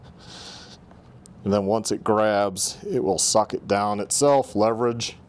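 An automotive-style multi-pin, lever-action wiring harness connector is pushed into its mating socket on a Throne Srpnt Cookies Limited Edition electric dirt bike, with the lever meant to pull it the rest of the way down. Faint handling noise is followed by one small sharp hit at about 1.3 s, then someone talks. Nothing has seated or clicked yet.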